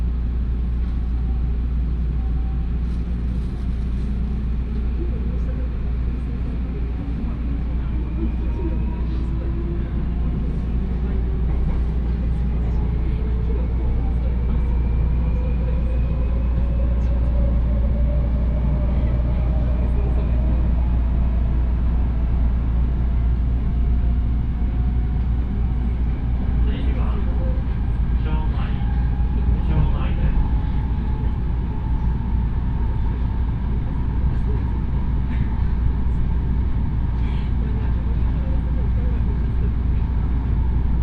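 A ride aboard the Osaka Monorail, with a constant heavy low rumble throughout. A motor whine climbs steadily in pitch over the first half minute as the train gathers speed, and brief clicks and rattles break through around 27 to 36 seconds.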